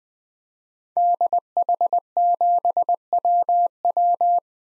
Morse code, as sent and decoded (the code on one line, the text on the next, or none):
-.. .... --... .-- .--
DH7WW